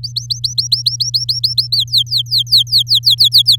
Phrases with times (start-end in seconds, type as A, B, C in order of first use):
0.03-1.67 A, 1.72-3.56 B